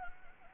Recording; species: mosquito wingbeat signal from an infrared sensor; Anopheles gambiae